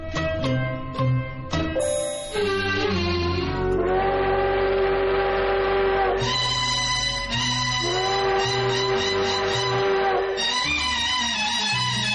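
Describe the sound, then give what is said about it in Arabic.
A few sharp knocks give way to a loud train whistle, the whistle of the Eid train, sounding long, held, multi-tone blasts that shift pitch several times, with no talking. “سمعينها صوتها جديد، صفارة قطر العيد بتقول بتعيد بتزيد، صفارة قطر العيد.”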